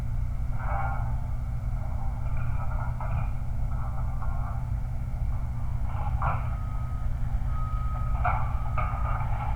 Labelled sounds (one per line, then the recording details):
truck
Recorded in the Prudhoe Bay oil fields, Alaska, on 29 July 2019
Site 29